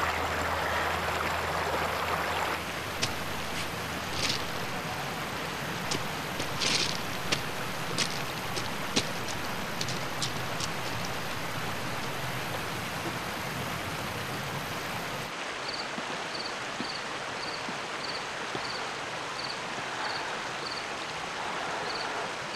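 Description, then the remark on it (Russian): A river flows at night by an abandoned mill with a steady, broad rush of water, marked by scattered sharp clicks early on, then a regular run of faint, high-pitched chirps near the end. No one speaks. “Анна у реки спускается по камням.”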